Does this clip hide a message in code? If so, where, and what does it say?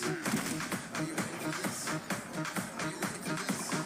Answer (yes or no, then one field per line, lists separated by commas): no